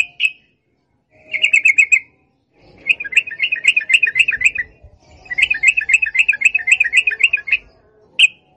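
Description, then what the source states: Yellow-vented bulbul song, fast rolling phrases of bubbly chirping notes in three bursts separated by short pauses. Masteran song with long ropel (extended chattering).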